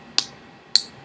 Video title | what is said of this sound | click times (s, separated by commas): CNT140 Outlet Jack Termination | there's my click and i'm going to double check to make sure we have a good crimp here if there's any gap | 0.2 s, 0.8 s